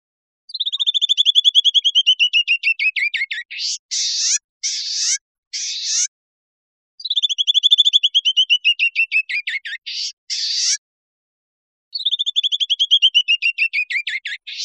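Bird calling: a rapid series of clear, slightly descending trilled notes followed by several harsh, buzzy rasping notes, the sequence repeated with silent gaps between.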